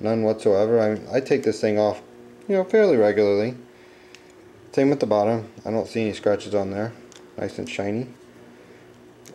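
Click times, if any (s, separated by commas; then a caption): 9.3 s. Someone talks while a phone in its case is set down into a Seidio desktop charging cradle for the 8900/8350. The phone locks into place without much of a snap; a single faint click is heard at 9.3 s.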